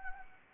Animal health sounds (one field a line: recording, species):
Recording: mosquito wingbeat signal from an infrared sensor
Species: Anopheles gambiae